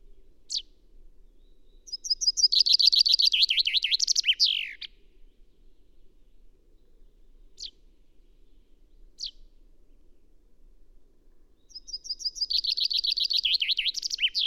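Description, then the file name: Common chaffinch singing two songs of descending trills about ten seconds apart, the first ending in a flourish, with a few short sharp call notes before and between. "Fringilla coelebs"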